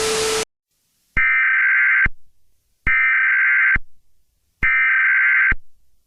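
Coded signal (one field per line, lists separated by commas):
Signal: Emergency Alert System (SAME) tones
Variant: header bursts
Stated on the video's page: Fictional EAS scenario using valid EAS tones.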